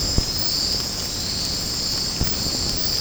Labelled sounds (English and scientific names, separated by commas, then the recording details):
none
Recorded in secondary vegetation near Puerto Asís, Putumayo, Colombia, on 19 March 2025 at 23:00
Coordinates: 0.481, -76.318
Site G097